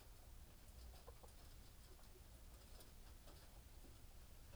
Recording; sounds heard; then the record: poultry house recording; healthy chickens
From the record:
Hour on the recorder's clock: 18